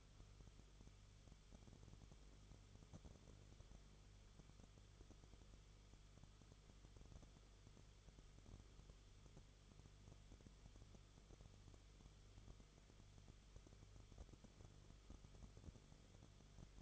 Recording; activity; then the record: daily activity, microphone in the room; no activity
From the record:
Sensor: 4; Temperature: 22.9 degrees Celsius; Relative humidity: 34.5%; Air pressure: 1011.5 hPa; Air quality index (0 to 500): 193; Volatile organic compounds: 13 ppm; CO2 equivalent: 2389 ppm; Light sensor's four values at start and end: 2/3/1/1 and 2/3/1/1